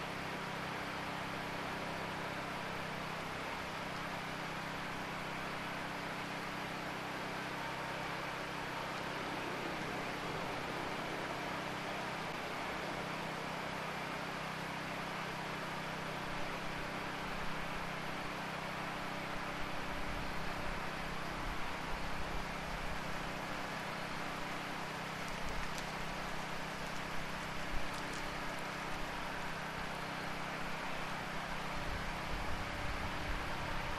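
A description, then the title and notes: Digitally processed sound of Niagara Falls forms a dense, steady roar with low droning tones and grumbling hum underneath. The wash stays even throughout, growing slightly rougher and more uneven after the midpoint, with faint bright flickers near the end. A three hour composition for headphones. The piece is tones, grumbles, wa-wa’s, groans, beats and other sounds created through digital signal processing of Niagara Falls. A short recording from inside the Niagara Falls Welcome Center.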